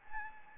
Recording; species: mosquito wingbeat signal from an infrared sensor; Anopheles arabiensis